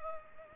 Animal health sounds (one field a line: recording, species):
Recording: mosquito wingbeat signal from an infrared sensor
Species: Culex pipiens